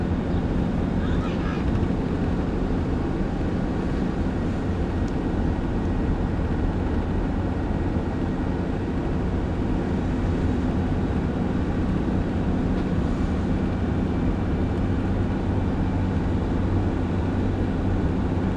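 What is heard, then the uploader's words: Steady interior rumble of a car driving, a dense low roar of engine and road noise that holds level for the whole stretch. Brief fainter sounds, possibly a voice, surface near the start and around thirteen seconds, and the top end stays dull. Autumn.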